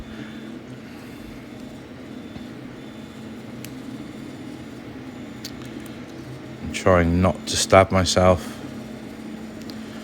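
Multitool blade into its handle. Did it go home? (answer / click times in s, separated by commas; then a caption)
yes / 9.7 s. The folding blade of a small metal multitool is pushed down into its handle slot over a steady low background hum, with a few faint ticks as it moves and someone talking briefly partway through. A short sharp click at 9.7 s marks the blade locking into place, seated.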